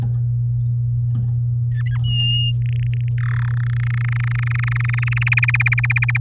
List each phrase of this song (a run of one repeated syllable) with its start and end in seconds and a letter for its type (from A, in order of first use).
1.72-1.97 A, 2.04-2.52 B, 2.62-3.09 C, 3.18-3.49 D, 3.51-5.24 E, 5.26-6.18 F